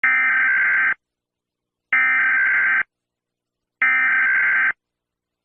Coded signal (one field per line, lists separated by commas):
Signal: Emergency Alert System (SAME) tones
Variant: header bursts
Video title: Ceuta (España) EAS Alarm (BAJAR EL VOLUMEN ⚠️‼️)